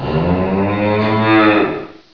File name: COW